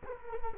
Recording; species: mosquito wingbeat signal from an infrared sensor; Culex quinquefasciatus